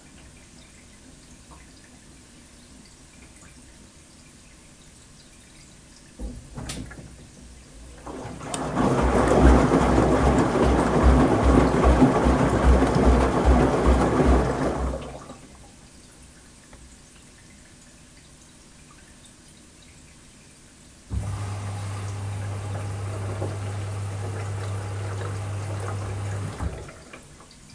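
A washing machine runs with laundry inside. After a quiet start, a low hum begins around six seconds, then a dense sloshing, rumbling churn swells from about eight to fifteen seconds and fades. Near twenty-one seconds a steady low droning hum starts, continuing almost to the end.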